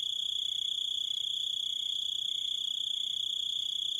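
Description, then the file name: Grasshopper chirping as an unbroken, high-pitched trill that holds an even level, with faint rapid pulsing layered over it. "zvuki kuznechika"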